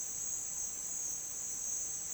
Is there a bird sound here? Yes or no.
no